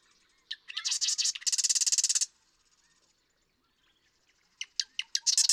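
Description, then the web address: Marsh Wren song: a few clicking ticks, then a fast buzzy rattling trill of high notes, a pause, and another song starting with separate ticks into a rapid rattle. "birdsongforthecurious Marsh Wren"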